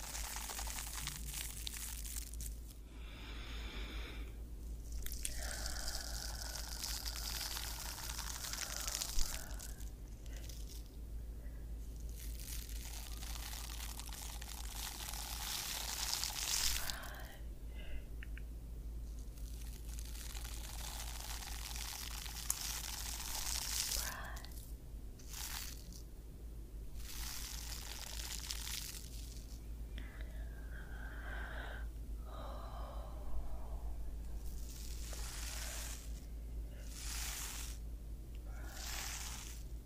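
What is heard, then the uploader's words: Scalp massage sounds: soft, hissing rubs and scratches that come in long stretches and stop briefly every few seconds, with short gaps near 4, 10, 17, 24 and 33 seconds. A low, steady hum runs underneath throughout, with occasional faint breaths. ASMR Scalp Massage of Your Dreams.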